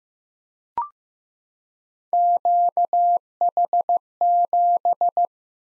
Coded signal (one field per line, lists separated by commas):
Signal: Morse code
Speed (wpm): 15 wpm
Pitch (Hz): 700 Hz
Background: none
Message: QH7